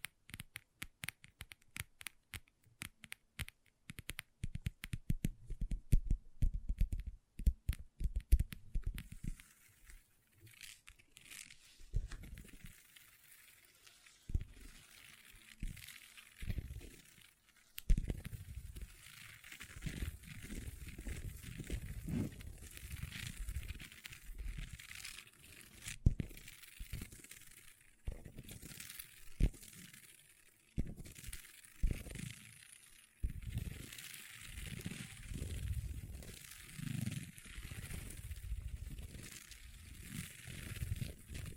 Table Tapping & Scratching with Long Nails